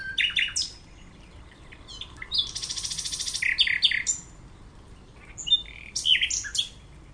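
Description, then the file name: Common nightingale song with varied phrases: sharp chips, a dense buzzy trill, then clipped notes and whistled fragments after a short pause. "Usignolo"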